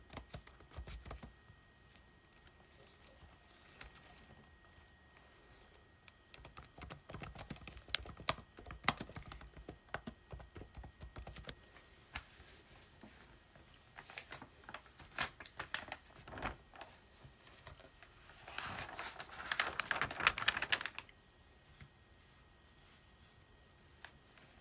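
Typing on a keyboard with pages being flipped, heard as sharp irregular clicks in bursts, thickest around 7–12 seconds. Near 19–21 seconds a denser, brighter rustling swell stands out, like a page turning. Quieter gaps separate the bursts.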